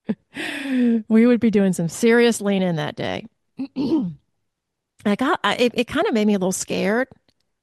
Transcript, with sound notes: We would be doing some serious leaning that day. (clears throat) And I got... Uh, it, it kinda made me a little scared.